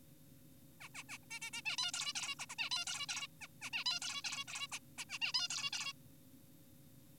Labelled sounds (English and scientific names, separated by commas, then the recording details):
Zebra Finch (Taeniopygia guttata)
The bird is an adult
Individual g4p5U